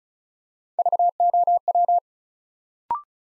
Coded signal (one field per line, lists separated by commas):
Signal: Morse code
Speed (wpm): 36 wpm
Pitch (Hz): 700 Hz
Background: none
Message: VOW